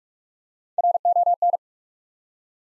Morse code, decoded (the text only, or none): RON